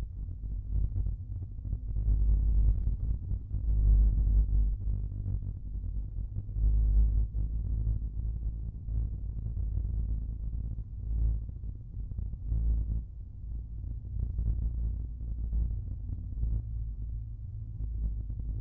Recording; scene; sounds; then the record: everyday scene through a hearing-aid microphone; in a vehicle; engine, rumble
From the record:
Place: Skoda Fabia, gasoline engine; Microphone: behind the ear, right, front